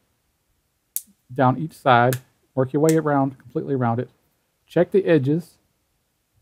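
A plastic back cover is pressed around its edges onto an LG G4 smartphone body during a battery replacement. A clip snaps into place with a sharp click at 0.96 s, and the cover is seated. Someone then talks while working around each side.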